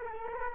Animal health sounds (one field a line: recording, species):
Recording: mosquito wingbeat signal from an infrared sensor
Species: Culex quinquefasciatus